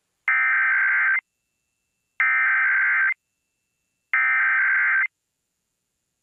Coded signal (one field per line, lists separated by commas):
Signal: Emergency Alert System (SAME) tones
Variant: header bursts